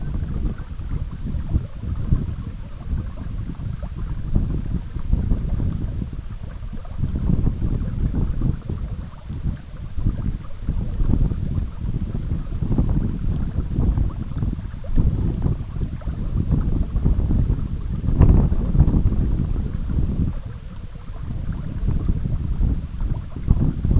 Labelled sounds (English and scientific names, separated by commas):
none